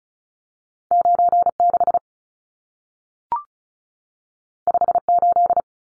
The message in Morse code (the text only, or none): 96 58